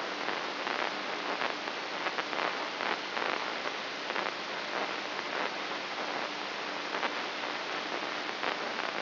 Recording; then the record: brain microelectrode recording played as sound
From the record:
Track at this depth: inside the subthalamic nucleus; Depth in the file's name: 4.018 mm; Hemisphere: left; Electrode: 3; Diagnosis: Parkinson's disease